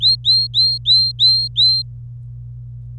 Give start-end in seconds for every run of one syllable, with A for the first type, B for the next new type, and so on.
0.01-1.82 A